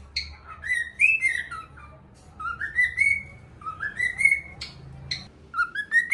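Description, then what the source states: Cockatiel whistling a slow tune of long, smoothly rising notes, one after another, with a low hum in the background. Song for training a pet cockatiel.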